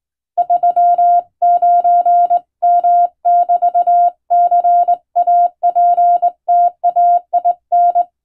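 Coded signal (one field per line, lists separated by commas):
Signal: Morse code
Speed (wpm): 20 wpm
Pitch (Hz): 700 Hz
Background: none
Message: 39M<BT>CAPTAIN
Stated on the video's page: Hand-keyed Morse sent on a straight key by a first-class radiotelegraph operator for receiving practice, using a telegram sending practice book; recreates ship-to-shore coast station traffic.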